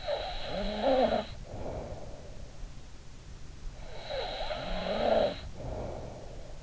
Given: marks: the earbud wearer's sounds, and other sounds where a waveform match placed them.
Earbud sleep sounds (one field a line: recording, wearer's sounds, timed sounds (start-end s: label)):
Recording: sounds in sleep by an in-ear microphone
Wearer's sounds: snoring breath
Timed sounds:
0.00-2.49 s: snoring breath
3.82-6.60 s: snoring breath